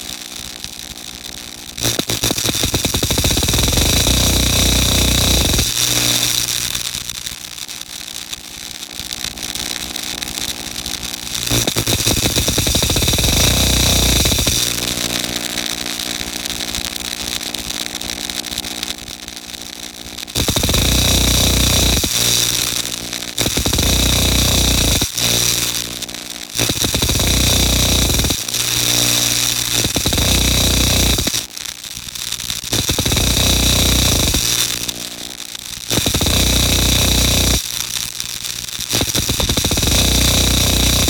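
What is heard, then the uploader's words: Film tins full of nails, tacks and ball bearings buzz and rattle on speakers in loud, dense bursts that alternate with quieter stretches of steady droning tones. The bursts run several seconds early on, then become shorter and more frequent after about twenty seconds. Fractures began as a small sound installation consisting of film tins filled with objects including nails, tacks, ball bearings and other miscellaneous objects. The film tins were then equipped with piezo microphones plugged into amps then placed atop upward facing speakers.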